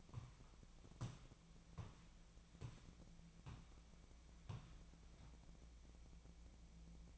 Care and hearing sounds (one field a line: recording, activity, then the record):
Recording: daily activity, microphone in the room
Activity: walk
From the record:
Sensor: 1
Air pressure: 1012.2 hPa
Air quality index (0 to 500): 178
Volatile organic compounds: 3 ppm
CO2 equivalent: 1455 ppm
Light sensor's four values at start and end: 46/124/50/62 and 44/122/49/61